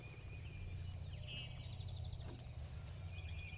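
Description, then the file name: Birds calling: a long, steady high whistle held for nearly three seconds, with buzzy trills and short chirps beneath it, over a constant low rumble. Field birds near a lake in early spring, 1 April 2017, recorded with an SD 702. "freesound Early Spring Field Birds"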